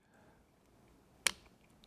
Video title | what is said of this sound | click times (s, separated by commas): Our Non-Ambidextrous Gen 5 Extended Slide Stop | There it was. I heard it. So that clicked into place and that tells me now that I'm in the right spot | 1.3 s